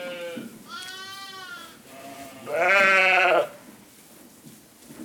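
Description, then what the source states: Sheep bleating: a quavering, harmonic-rich bleat followed by a louder wavering bleat, then quiet. Ewe.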